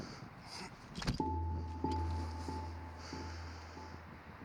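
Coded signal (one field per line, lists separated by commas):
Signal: none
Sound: game or video sounds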